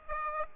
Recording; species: mosquito wingbeat signal from an infrared sensor; Aedes aegypti